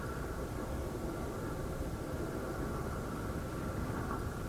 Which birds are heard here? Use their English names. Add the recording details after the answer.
none. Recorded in France